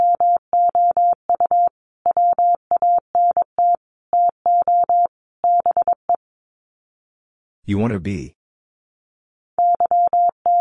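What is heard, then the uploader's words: Morse code sent as a steady mid-pitched tone, keyed on and off in quick dots and longer dashes, grouped with short gaps between letters and words. Near the eighth second the beeping pauses for a brief burst of rough, garbled noise, then the code resumes. Sets of 4 Words 22wpm. First, the words are sent in Morse code.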